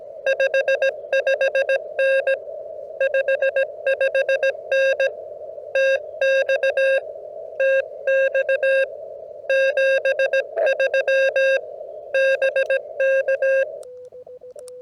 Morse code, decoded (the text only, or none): 55N 55N TX TX 73 BK